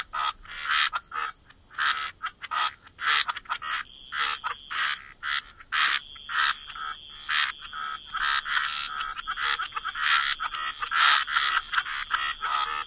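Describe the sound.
Frogs calling in chorus, many overlapping croaking pulses in quick irregular bursts over a steady high hiss.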